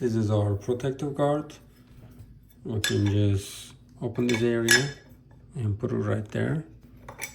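Someone talks while opening the guard clamp area and placing the protective guard onto the gear head of a 4-1/2" to 5", 11,000 RPM flathead braking angle grinder compatible with Milwaukee 18V batteries. A click would show that the guard is fitted the correct way. Only brief handling taps are heard near the end, around 7.1 s and 7.2 s, and the guard has not yet clicked or seated.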